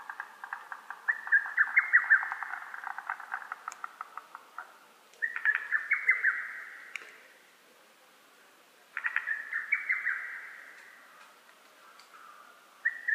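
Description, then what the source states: Lesser cuckoo song: staccato whistled phrases of rapid notes, repeated in several bursts with short pauses between. Recorded 12 June 2010.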